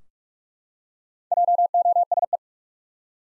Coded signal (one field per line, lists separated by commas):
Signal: Morse code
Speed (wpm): 46 wpm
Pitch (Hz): 700 Hz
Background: none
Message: JOSE